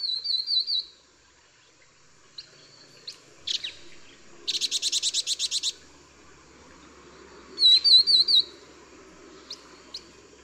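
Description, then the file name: Vinous-throated parrotbill calls: high wavering twittering phrases, a burst of rapid buzzy chatter, and scattered sharp chips over about ten seconds. "粉紅鸚嘴"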